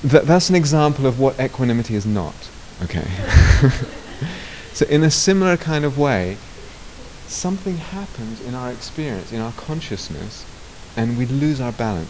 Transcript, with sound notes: That's an example of what equanimity is not, okay? [laughter] In a similar kind of way, something happens in our experience, in our consciousness, and we lose our balance.